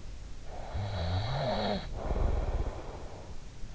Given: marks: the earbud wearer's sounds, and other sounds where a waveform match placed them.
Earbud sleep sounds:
sounds in sleep by an in-ear microphone; snoring breath
0.47-3.41 s: snoring breath

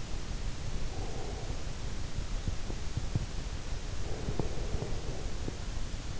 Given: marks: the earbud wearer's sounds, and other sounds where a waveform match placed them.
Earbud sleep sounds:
sounds in sleep by an in-ear microphone; breath
0.85-1.62 s: breath
4.19-5.60 s: breath

